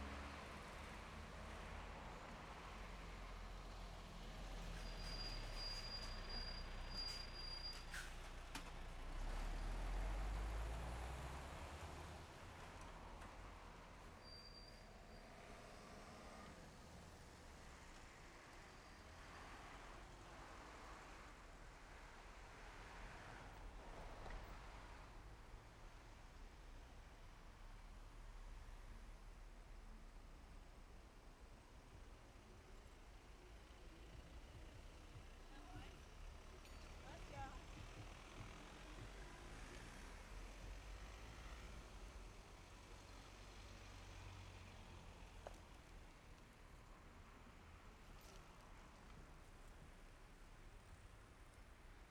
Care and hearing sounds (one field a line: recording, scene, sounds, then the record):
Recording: everyday scene through a hearing-aid microphone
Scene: in traffic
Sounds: traffic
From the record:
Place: main road on the outskirts, rush hour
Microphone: behind the ear, left, front